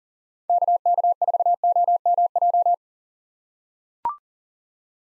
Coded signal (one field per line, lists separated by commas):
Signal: Morse code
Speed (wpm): 40 wpm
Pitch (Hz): 700 Hz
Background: none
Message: KK4OMJ